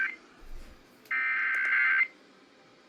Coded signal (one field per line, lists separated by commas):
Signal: Emergency Alert System (SAME) tones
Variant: header bursts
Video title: Eas Cae on KUHF 88.7fm ,Kyaz 51.1,Kacc 89.7fm and KUHT tv 8.3 Eas-1110- 1113)